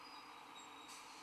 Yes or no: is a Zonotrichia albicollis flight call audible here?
no